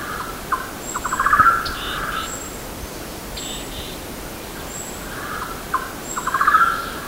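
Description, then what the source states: Golden-naped barbet call, rapid stuttering notes accelerating into a louder trill, repeated twice, with steady background hiss and faint high whistled notes behind. Recorded on Mt Kinabalu, Bukit Ular, 14 August 2009.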